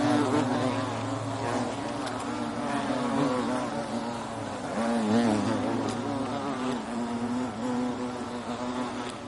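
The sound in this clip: European hornet droning buzz, continuous and low, its pitch dipping and rising slightly as it carries on at an even loudness.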